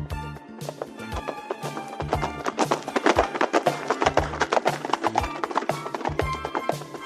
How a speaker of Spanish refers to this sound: Aunque mi traje es de rayas, en la cárcel no he estado. Galopo por la sabana y soy prima del caballo. La cebra.